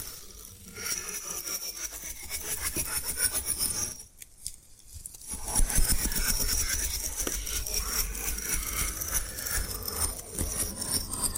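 Bamboo being scratched and brushed in quick, rasping back-and-forth strokes, a dense, gritty texture with a bright hiss on top. The strokes drop out briefly around four seconds, then return slightly louder and keep up a steady rhythm to the end.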